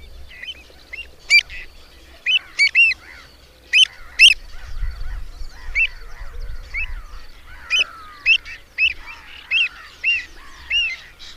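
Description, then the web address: Pied avocet calls: clear, fluty notes in short irregular bursts, with fainter bird chatter and a low rumble in the background. "Madardalok Cd 3. Gulipán"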